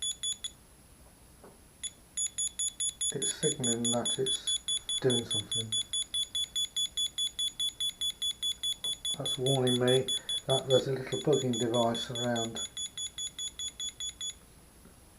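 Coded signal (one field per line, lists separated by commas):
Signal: none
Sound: gadget detector's warning beeps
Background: speech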